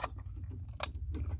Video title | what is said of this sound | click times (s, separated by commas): DA Integra Build Update and JDI Ghost Box Install | that's it I know you guys heard that click let me go ahead turn around | 0.8 s